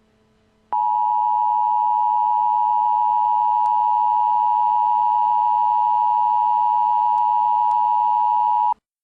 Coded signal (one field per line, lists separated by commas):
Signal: Emergency Alert System (SAME) tones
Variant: 853 and 960 Hz attention tone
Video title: EAS - Hurricane Warning: Virginia, Maryland and North Carolina